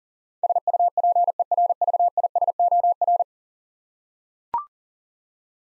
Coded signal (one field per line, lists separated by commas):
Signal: Morse code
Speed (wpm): 37 wpm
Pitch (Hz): 700 Hz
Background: none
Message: SUPERVISOR